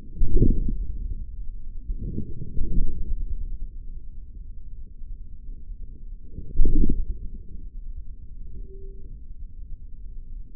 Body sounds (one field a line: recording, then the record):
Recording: forearm muscle sounds (acoustic myography)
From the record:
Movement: forearm pronation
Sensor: system 3, bracelet of six PUI Audio POM-2738L microphones around the upper forearm, with dedicated amplification and filtering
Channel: 6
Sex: male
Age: 56 years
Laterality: right